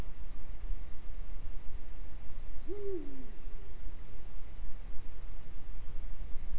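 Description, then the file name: Eurasian eagle-owl hoot, a single low note that climbs and then falls away, heard over a constant rumbling background. Recorded in Øygarden, Vestland, Norway, in 2020. "hubro oygarden 2020"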